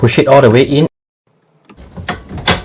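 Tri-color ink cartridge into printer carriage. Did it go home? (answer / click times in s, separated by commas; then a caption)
yes / 2.5 s. A tri-color ink cartridge is pushed all the way into the carriage slot of an HP DeskJet 2855e/2810e/2820e/2821e printer while someone talks. After a quiet pause, soft handling and sliding noises lead to a sharp snap at 2.5 s as the cartridge seats in place.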